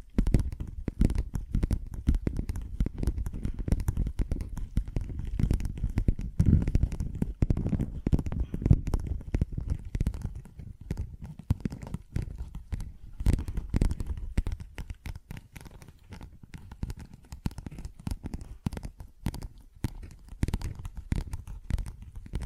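Dense, rapid tapping and scratching fills the clip, a continuous run of short clicks and rustles with most weight in the low and middle range. The texture stays busy throughout, swelling around six to seven seconds and again near thirteen, then thinning slightly toward the end.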